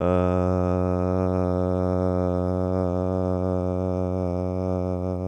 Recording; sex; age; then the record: sustained vowel /a/; male; 20 to 29 years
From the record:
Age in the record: 20 years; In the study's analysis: included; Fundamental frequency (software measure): 91 Hz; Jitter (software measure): 0.25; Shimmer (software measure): 0.85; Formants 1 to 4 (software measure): 584 Hz, 1264 Hz, 2407 Hz, 3396 Hz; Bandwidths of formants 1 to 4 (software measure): 124 Hz, 167 Hz, 416 Hz, 290 Hz